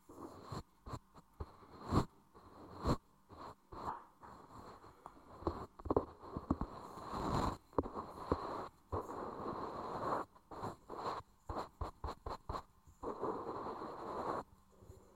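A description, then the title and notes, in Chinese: Ear cleaning, with close rustling and scraping scratches in irregular bursts, dense and crackly, separated by brief quiet gaps throughout. 一次纯粹清洁耳朵的体验。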